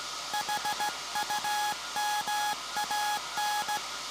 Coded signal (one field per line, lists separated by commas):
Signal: Morse code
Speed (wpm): 17 wpm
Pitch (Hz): 840 Hz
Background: none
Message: HUMAN